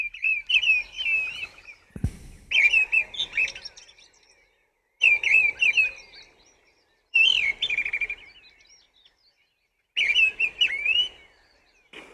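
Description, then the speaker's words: Mistle Thrush song: short, loud fluted and warbled phrases delivered in bursts about every two and a half seconds, separated by silent pauses, with one sharp click early on. Recorded in Estonia, where many of these birds sing. "Det, jeg har hørt meget af i Estland, er misteldrossel."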